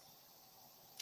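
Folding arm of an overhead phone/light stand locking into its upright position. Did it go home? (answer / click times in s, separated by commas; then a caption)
yes / 1.0 s. The folding arm of an overhead phone and light stand is flipped into its upright position, where it locks into place. After a quiet stretch of faint hiss, a short sharp click is heard at 1.0 s as the arm seats.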